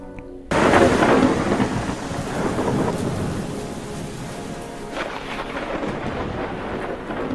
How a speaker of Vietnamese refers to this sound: Trong lúc người ta còn đang rối loạn chưa biết làm sao thì đột nhiên trời nổi cơn giông gió, sấm chớp lóe sáng như muốn rạch nát bầu trời. Rồi kế tiếp, mưa bắt đầu đổ xuống như chút nước.